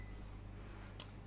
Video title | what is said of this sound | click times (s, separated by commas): Defibrillator and More - AnesthesiaTOOLS | Yes, you will hear a small click sound. That means it's nicely fixed into that. | 1.0 s